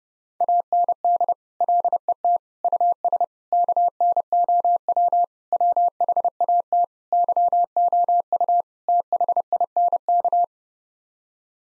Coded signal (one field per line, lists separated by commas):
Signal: Morse code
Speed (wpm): 30 wpm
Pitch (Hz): 700 Hz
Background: none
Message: AND LET US KNOW WHAT YOU THINK